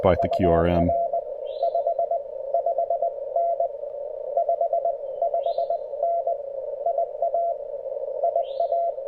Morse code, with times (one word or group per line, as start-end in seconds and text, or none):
0.2-1.2 UR
1.6-2.2 5
2.5-3.1 5
3.4-3.7 N
4.4-4.9 5
5.2-6.3 5N
6.9-7.5 IA
8.2-8.9 IA